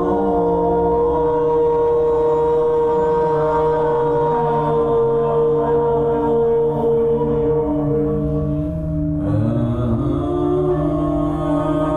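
Voices sing together with a crystal singing bowl, which holds a long, steady ringing tone under slowly gliding sung notes. The sound stays full and even throughout, with a brief shift around nine seconds as the voices change pitch and a brighter tone enters.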